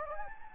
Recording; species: mosquito wingbeat signal from an infrared sensor; Anopheles gambiae